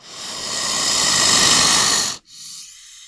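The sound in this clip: Snake hissing: one long, loud, breathy hiss that swells and holds for about two seconds, cuts off sharply, then a fainter, thinner hiss follows.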